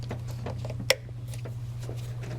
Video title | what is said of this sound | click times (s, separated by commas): Power Steering Pump Replacement on Discovery Series II | I'm just going to squeeze that till it clicks. | 0.9 s